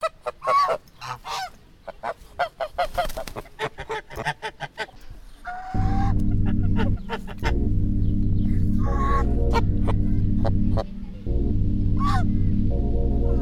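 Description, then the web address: Goose: geese honking, a rapid run of overlapping nasal honks for about five seconds, then a loud steady engine drone with a few more honks over it. "tekaat. geese"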